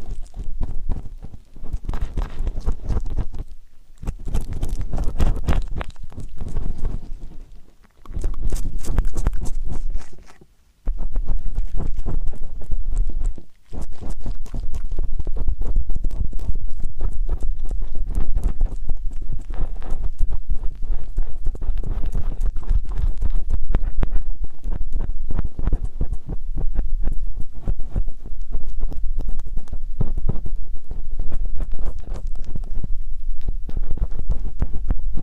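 Ear cleaning sounds fill the clip with dense, crackly scraping and tapping that runs almost without pause. Short gaps of silence fall near 4, 8, 10 and 13 seconds, after which the busy rustling and clicking continues steadily to the end, with a low rumble underneath.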